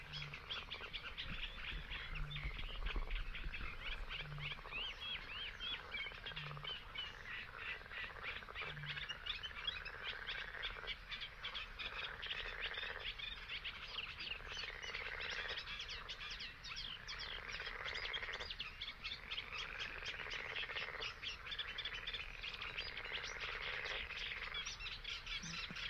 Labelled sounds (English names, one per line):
Great Bittern